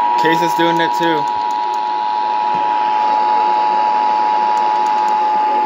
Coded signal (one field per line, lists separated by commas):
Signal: Emergency Alert System (SAME) tones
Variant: 853 and 960 Hz attention tone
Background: speech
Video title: Texas Required Monthly Test | EAS #479-487